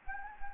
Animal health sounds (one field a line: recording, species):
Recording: mosquito wingbeat signal from an infrared sensor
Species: Anopheles gambiae